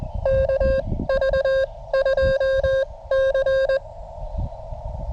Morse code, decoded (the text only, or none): KV2C